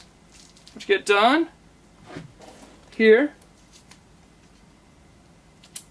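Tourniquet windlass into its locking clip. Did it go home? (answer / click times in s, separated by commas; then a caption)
yes / 5.8 s. A tourniquet windlass is turned until the bleeding stops and is then seated into its locking clip, while someone talks. A sharp click at 5.8 s marks the windlass locking in place.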